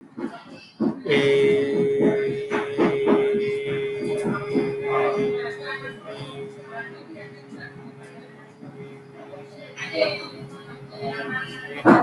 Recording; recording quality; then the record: sustained vowel as in made; moderate, slight background noise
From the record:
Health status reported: healthy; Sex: male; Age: 32 years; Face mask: not worn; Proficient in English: yes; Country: India